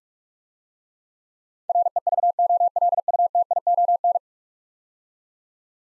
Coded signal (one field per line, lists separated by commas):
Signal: Morse code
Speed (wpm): 43 wpm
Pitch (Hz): 700 Hz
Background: none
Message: REVOLUTION